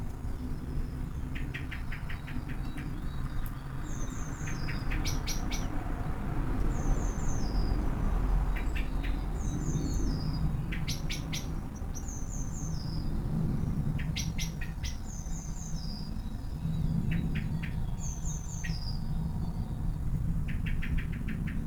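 Several birds chatter in a garden, repeating short bright whistled phrases and sharp chirps every few seconds over a steady low rumble.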